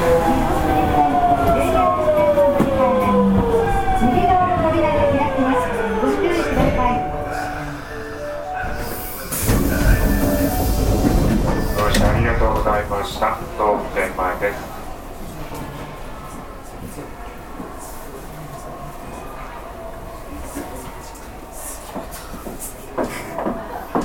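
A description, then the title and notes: A subway train's motor whine slides down as it brakes, a loud hiss bursts near ten seconds, then rising whine gives way to steady rumbling clatter. 大阪市交通局 堺筋線66系 天下茶屋から天六まで. 大阪市営地下鉄 66系電車の走行音です。 堺筋線の列車にて収録しました。 区間は、天下茶屋から天神橋筋六丁目までです。 The running sound of the Osaka municipal subway 66 series train.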